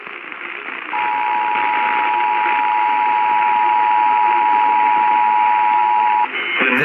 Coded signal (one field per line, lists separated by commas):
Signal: Emergency Alert System (SAME) tones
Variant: 853 and 960 Hz attention tone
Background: speech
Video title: TOR AFTER TOR... EAS Alerts from 11/5/18 - 11/6/18 (EAS #1,900 - 1,922)